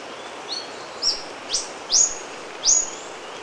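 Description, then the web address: Yellow-throated bush tanager uttering a short run of five thin, sharp rising chips, growing louder toward the end, over faint background noise. Recorded in Ecuador. "Natures Songs S America Birds of Ecuador Yellow-throated Bush-Tanager"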